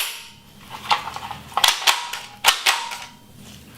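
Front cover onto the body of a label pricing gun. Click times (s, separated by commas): 1.6 s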